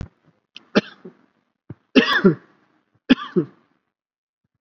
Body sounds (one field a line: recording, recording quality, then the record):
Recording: heavy voluntary cough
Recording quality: excellent, no background noise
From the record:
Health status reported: COVID-19 positive, mild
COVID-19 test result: positive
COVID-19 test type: RT-PCR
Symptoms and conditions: cough, cold, fatigue, muscle pain, diabetes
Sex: male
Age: 48 years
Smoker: no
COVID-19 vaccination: both doses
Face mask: worn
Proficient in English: yes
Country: India